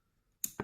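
Near-silence, then the trigger of a Beast Wars Predacon Waspinator toy blaster is pressed and the plastic missile snaps out with a sharp, bright click at 0.4 s. A softer, duller knock follows at about 0.6 s as the missile shoots off and is released.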